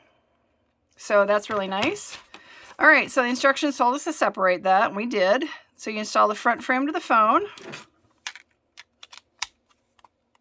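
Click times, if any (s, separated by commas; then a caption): 8.3 s, 9.4 s. Someone talks, then the rigid front frame of a Caseborne V (Armadillo Tek) rugged case is pressed onto a Samsung S23 Ultra 5G smartphone, making a series of short, sharp clicks. The frame snaps on with clicks at 8.3 and 9.4 seconds and is seated on the phone.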